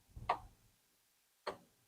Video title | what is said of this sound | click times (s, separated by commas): 1978-1987 Chevrolet El Camino, Tailgate Seals | Just snaps in place. | 0.3 s, 1.5 s